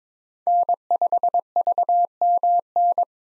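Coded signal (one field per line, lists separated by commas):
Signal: Morse code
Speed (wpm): 22 wpm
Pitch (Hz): 700 Hz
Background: none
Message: N5VMN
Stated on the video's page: Morse drill at 22 wpm for head-copying common POTA hunter callsigns, each sent, spoken, then sent again.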